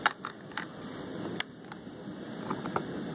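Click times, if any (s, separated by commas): 0.1 s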